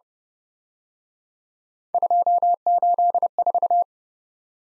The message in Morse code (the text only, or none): 284